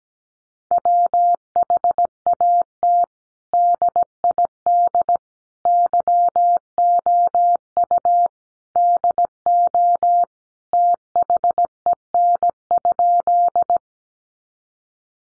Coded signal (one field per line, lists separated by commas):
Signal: Morse code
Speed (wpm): 17 wpm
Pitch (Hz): 700 Hz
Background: none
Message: WHAT DID YOU DO THEN?